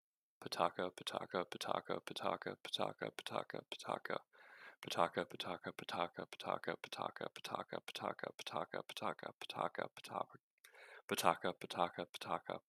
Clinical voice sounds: repeated syllables /pa ta ka/; male; 20 to 29 years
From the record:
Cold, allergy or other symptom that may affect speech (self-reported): no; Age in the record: 23 years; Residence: New Hampshire, United States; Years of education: 17

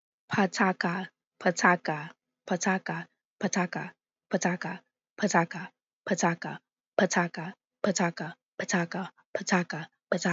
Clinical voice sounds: repeated syllables /pa ta ka/; female; 20 to 29 years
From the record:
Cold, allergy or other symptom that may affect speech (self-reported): no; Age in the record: 23 years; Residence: New York, United States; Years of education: 12

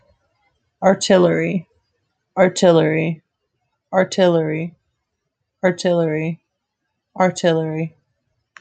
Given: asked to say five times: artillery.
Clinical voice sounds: repeated word; female; 20 to 29 years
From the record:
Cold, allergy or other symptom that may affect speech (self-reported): no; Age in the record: 23 years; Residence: Florida, United States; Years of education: 13

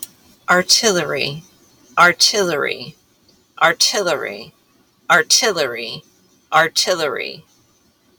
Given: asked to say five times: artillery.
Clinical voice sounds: repeated word; female; 40 to 49 years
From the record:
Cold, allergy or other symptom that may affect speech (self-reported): no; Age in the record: 48 years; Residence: New Jersey, United States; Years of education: 16

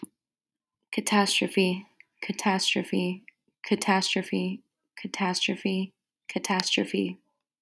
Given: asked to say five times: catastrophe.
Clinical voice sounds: repeated word; female; 20 to 29 years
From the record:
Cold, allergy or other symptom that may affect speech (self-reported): no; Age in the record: 25 years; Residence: Colorado, United States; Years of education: 17

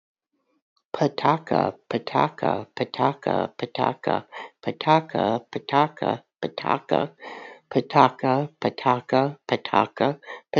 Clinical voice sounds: repeated syllables /pa ta ka/; female; 60 to 69 years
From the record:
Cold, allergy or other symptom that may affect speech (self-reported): no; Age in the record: 62 years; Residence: Texas, United States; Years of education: 12

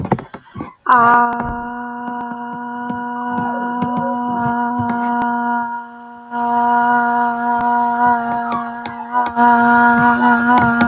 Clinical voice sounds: vowel held as long as possible; female; 30 to 39 years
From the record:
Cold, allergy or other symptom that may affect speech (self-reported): no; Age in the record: 31 years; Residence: Arizona, United States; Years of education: 15

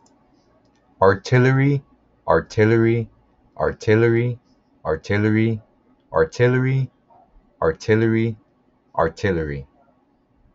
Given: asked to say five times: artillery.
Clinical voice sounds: repeated word; male; 20 to 29 years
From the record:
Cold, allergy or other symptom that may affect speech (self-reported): no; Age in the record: 26 years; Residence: Pennsylvania, United States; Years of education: 14

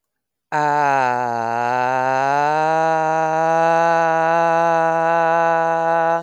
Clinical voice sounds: vowel held as long as possible; female; 40 to 49 years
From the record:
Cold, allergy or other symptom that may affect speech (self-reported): no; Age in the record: 40 years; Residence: Illinois, United States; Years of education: 12

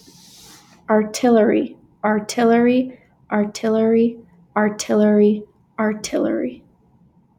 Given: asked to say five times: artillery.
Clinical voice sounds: repeated word; female; 20 to 29 years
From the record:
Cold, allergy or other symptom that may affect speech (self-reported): no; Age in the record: 25 years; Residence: Utah, United States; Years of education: 16

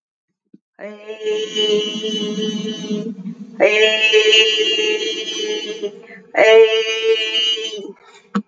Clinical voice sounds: vowel held as long as possible; female; 50 to 59 years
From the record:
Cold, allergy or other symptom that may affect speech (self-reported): no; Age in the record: 58 years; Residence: Virginia, United States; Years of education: 22

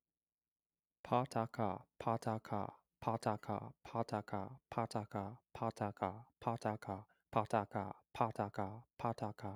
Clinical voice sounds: repeated syllables /pa ta ka/; male; 20 to 29 years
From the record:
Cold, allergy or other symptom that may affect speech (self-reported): no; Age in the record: 23 years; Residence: Indiana, United States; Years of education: 16

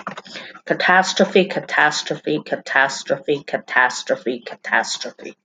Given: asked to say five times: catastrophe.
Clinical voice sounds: repeated word; female; 40 to 49 years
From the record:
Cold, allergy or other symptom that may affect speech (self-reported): no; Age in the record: 45 years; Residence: Pennsylvania, United States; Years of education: 17

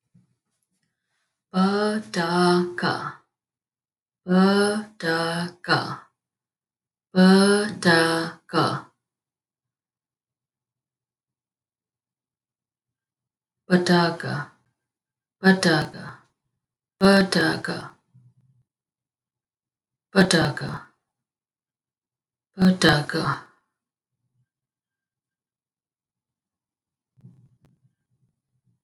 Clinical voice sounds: repeated syllables /pa ta ka/; female; 30 to 39 years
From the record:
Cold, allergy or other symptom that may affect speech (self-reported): no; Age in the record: 35 years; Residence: New York, United States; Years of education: 4

